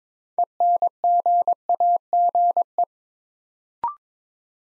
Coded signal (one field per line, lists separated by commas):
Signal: Morse code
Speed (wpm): 22 wpm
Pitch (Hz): 700 Hz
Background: none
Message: ENGAGE